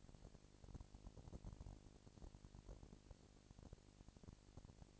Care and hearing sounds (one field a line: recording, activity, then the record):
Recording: daily activity, microphone in the room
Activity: no activity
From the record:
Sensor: 5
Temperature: 19.8 degrees Celsius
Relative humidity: 36.7%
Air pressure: 997.2 hPa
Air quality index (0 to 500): 169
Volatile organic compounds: 14 ppm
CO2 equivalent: 2444 ppm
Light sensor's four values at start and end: 2/3/1/1 and 2/3/1/1